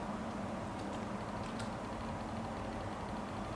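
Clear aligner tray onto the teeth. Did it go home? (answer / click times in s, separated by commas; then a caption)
no / none. An orthodontist takes a clear plastic aligner tray and lines it up over his teeth before pressing it into place. Only a steady, even background hum is heard, with no sudden sounds and no talk in this stretch. Nothing has seated or clicked yet.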